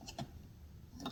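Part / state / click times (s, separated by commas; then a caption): retaining snap ring into the groove of a driveshaft yoke bearing bore / not seated / none. A steel snap ring (circlip) that holds a universal joint bearing cap is worked into the groove of a Jeep driveshaft yoke bearing bore during a U-joint swap done with a ball joint press on the bench. Two short, sharp metallic ticks are heard at about 0.2 s and 1.1 s over a low background hum. The clip is still in the handling stage, and nothing has seated or clicked home yet.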